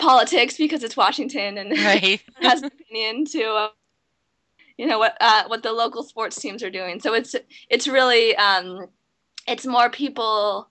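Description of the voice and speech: An adult woman who stutters speaks conversationally, mostly fluently, with a few stretched sounds, a silent break of about a second in the middle of a phrase, and 'um' fillers. These mild disfluencies fit stuttering in an adult.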